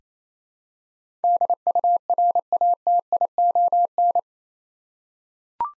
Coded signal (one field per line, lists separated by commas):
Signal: Morse code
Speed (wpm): 27 wpm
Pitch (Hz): 700 Hz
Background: none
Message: DURATION